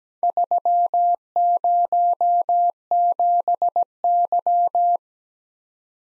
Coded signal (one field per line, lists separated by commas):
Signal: Morse code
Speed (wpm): 17 wpm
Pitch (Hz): 700 Hz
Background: none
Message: 307Y